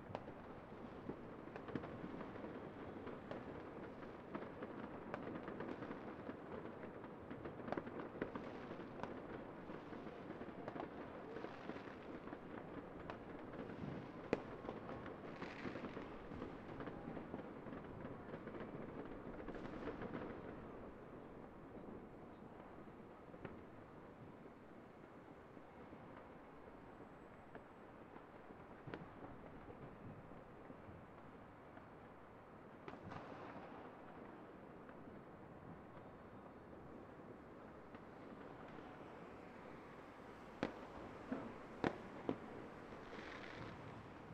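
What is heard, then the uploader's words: New Year's Eve fireworks crackle and pop constantly over a dense low rumble, with sharper bangs around 15, 20, 33 and 41 seconds. A few minutes of a field recording of fireworks on New Years Eve. Recorded at the Hofplein in Rotterdam (NL).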